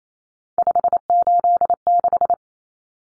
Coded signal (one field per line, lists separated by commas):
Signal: Morse code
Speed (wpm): 28 wpm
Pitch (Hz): 700 Hz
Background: none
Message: 586